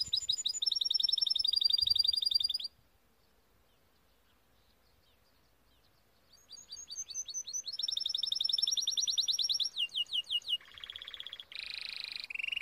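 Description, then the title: Timbrado canary song: a long fast trill, several seconds of silence, then further trills, swooping notes and lower, buzzy rolling phrases. Timbrado canary song used as a training recording. "Canary Bird Singing - Timbrado training video"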